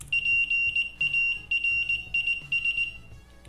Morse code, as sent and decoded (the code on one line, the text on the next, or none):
.--. .- .-. .. ...
PARIS